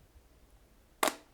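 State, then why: Released. The press-fit plastic battery cover on the back of a Xiaomi digital temperature and humidity monitor clock is pried with the blunt side of a Swiss army knife. After a quiet stretch, a sharp snap at 1.0 s marks the cover popping free, followed by a fainter tick at 1.3 s. The cover is released.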